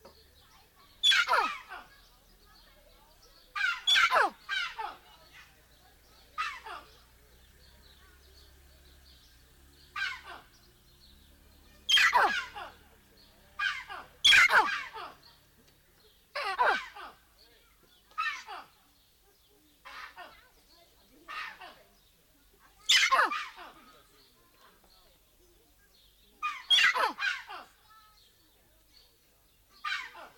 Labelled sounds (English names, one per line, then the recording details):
Collared Mangabey
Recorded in captivity
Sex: male
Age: adult
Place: Tierpark Berlin, Berlin, DE
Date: 1995-05-21 14:14
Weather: wolkig, 17°C
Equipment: Marantz CP 430, Sennheiser ME 80, Kopie Uher 4000 Report Monitor
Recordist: Tembrock, Günter